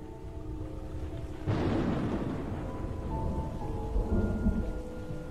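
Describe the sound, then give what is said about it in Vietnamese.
Steady, hissing rain pours without a break, and about a third of the way in a loud crack of thunder bursts out and rolls into a long low rumble beneath the downpour. “Anh quay phát người ra đằng sau, chả thấy gì ngoài tiếng mưa.”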